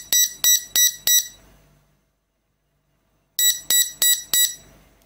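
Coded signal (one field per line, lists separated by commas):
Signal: beep code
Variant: Arduino RFID lock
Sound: two groups of four short, harsh buzzer beeps separated by a two-second pause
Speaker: beeps means no master tag or cut programmed and obvious means no user card oh god programmed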